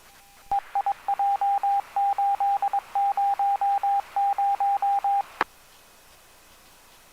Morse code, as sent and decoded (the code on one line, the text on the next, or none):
. .. .--- ---.. ----- -----
EIJ800